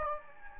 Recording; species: mosquito wingbeat signal from an infrared sensor; Anopheles gambiae